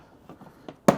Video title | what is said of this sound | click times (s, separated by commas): UNBOXING STAR WARS The Vintage Collection The Ghost HasLab - Hasbro Pulse | Click, pop into place. | 0.9 s